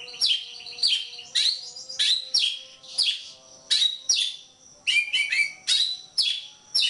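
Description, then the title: Oriental magpie-robin song: ringing high whistles falling in pitch, repeated in steady bursts, a few rapid stuttered notes among them. Kacer poci form; national champion competition bird; chatty (gacor) singer using nembak (shooting) and ngerol (rolling) song styles; seven song types every three minutes. "Kacer Poci Gacor Nembak Dan Ngerol Juara Nasional. 7 macam suara kacer setiap 3 menit"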